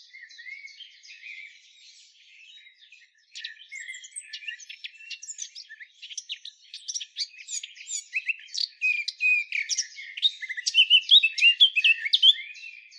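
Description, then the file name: Eurasian blackcap song, a long, dense run of scratchy and whistled warbling notes that builds louder and busier toward the end. "Sylvia atricapilla"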